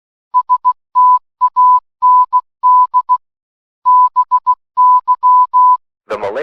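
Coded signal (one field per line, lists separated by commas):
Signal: Morse code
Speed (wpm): 16 wpm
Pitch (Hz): 1000 Hz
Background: speech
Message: STAND BY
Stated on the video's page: Made-up EAS scenario for Malaysia about public holiday preparation, not a real alert.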